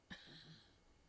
Padme snoring. Yeah, there was one snore. The dog's snoring how relaxed this little puppy is right now.